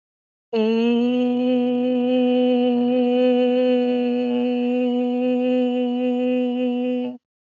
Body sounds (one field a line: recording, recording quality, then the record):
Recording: sustained vowel as in made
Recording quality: excellent, no background noise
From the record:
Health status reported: healthy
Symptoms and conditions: none ticked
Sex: female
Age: 41 years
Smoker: not ticked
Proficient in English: yes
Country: India